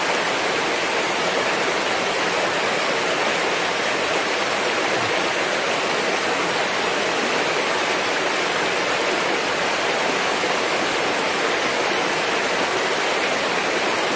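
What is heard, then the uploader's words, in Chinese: Water rushes steadily through a mountain valley on a summer day, a dense, unbroken hiss and roar like a stream or small waterfall. The sound stays constant for the whole stretch, bright and full, with little low rumble and no other sounds standing out. 夏日美妙动听的山谷水声。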